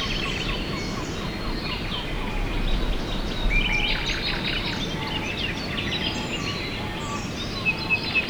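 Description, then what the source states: Birds chirping and twittering together, with a lower repeated call in places and a few sharp knocks near the end, over broad low background noise. Recorded at dawn, 5 a.m.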